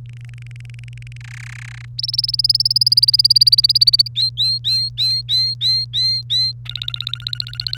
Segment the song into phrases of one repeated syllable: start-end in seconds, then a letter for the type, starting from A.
0.09-1.17 A, 1.21-1.85 B, 1.98-4.08 C, 4.15-6.52 D, 6.65-7.77 E